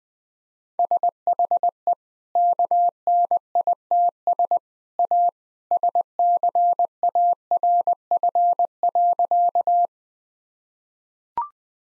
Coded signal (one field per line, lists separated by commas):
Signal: Morse code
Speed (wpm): 21 wpm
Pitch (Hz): 700 Hz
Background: none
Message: SHE KNITS A SCARF.